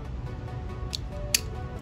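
A plastic spinning-top assembly of disc, driver and layer lock is twisted past its locking point over background music. Sharp clicks sound at 0.9 s and 1.4 s, and the layer lock releases so the parts pop apart.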